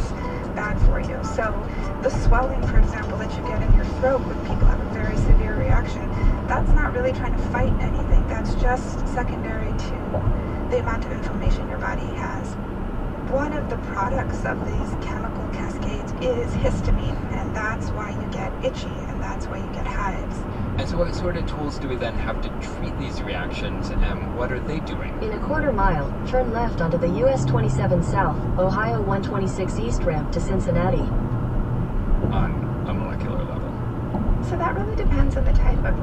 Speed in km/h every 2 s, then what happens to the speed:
81, 81, 81, 81, 81, 82, 81, 81, 81, 81, 81, 82, 81, 77, 76, 76, 77, 76.
0-23 steady at about 81. 23-27 slows to 76. 27-36 steady at about 76.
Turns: none.